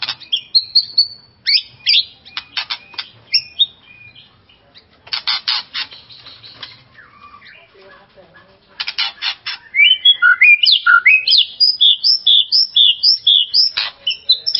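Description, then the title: White-rumped shama song: varied whistled notes and buzzy rattles, then a long fast series of rich looping whistles near the end. "murai batu"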